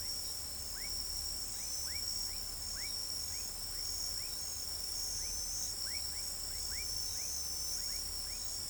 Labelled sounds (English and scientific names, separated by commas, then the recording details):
none
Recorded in pastures near Pivijay, Magdalena, Colombia, on 2 June 2023 at 03:00
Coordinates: 10.456, -74.369
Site P6-G026